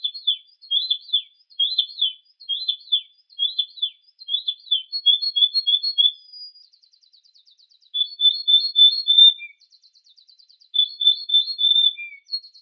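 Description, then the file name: Canary song in repeated rolling phrases of bright chirped notes, interspersed with thin buzzy trills and short gaps between phrases. A combination of Yorkshire and Russian canary songs. "Kombinasi Suara Kenari Yorkshire dan Rusia"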